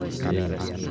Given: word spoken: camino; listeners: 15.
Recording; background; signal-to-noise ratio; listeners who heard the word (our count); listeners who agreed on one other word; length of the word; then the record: one Spanish word in noise, from a listening test; eight-talker babble; -0.7 dB; 1 of 15; 9 of 15; 0.51 s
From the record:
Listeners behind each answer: 9, 1, 1, 1, 1, 1, 1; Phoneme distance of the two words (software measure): 7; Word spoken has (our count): 3 syllables, 6 phonemes, stress on syllable 2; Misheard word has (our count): 3 syllables, 7 phonemes, stress on syllable 2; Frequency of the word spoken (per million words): 195.53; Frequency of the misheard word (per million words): 42.35